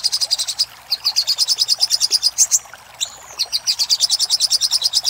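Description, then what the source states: Little spiderhunter singing a fast string of sharp, high chips, pausing briefly near the middle with a short whistled note, then resuming the rapid series. Master recording of little spiderhunter ('sogok ontong'), labelled Labaik, used for training cage birds.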